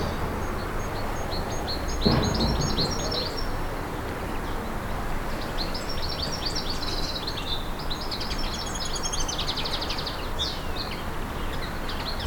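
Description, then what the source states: Garden birds: scattered high chirps early on, then a livelier twittering run in the second half, over steady low background noise with one brief thump. Garden birds in a countryside air ambience.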